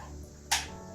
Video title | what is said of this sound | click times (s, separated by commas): Eureka Airspeed Vacuum Assembly Guide 7 Review, Should You Buy? | Now we are going to take this vacuum brush and simply just align it and you'll hear it click in place again. | 0.5 s